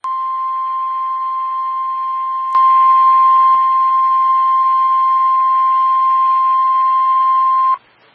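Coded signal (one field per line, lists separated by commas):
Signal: Emergency Alert System (SAME) tones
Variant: 1050 Hz attention tone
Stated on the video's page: Severe thunderstorm warning SAME tones for Cherokee, Floyd, Gordon, Chattooga and Bartow counties, Georgia.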